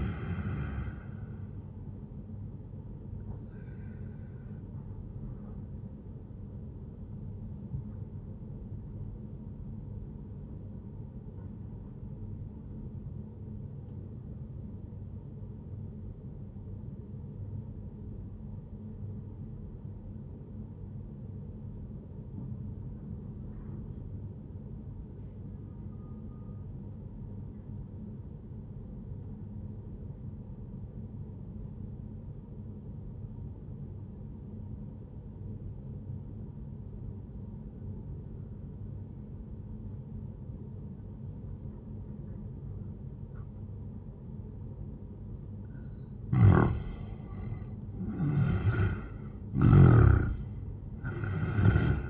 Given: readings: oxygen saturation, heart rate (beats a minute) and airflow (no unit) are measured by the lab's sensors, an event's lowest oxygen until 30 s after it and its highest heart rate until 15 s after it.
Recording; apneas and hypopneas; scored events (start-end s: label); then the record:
breathing in sleep by a smartphone at the bedside; 1
10.00-47.50 s: obstructive apnea (N1, oxygen 96% highest, then 83% lowest, heart rate 75 at the start, 87 highest)
From the record:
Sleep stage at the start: N1 (lightest sleep); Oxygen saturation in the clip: 87 to 96%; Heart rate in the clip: 71 to 85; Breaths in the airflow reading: 2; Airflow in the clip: -11.6 to 16.5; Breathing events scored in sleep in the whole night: 131 in 7.2 hours asleep